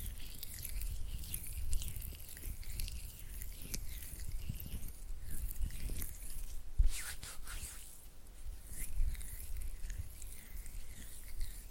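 Oily hands rub and flutter their fingers in a soft, wet, continuous patter, with sharper slick smacks near seven and nine seconds.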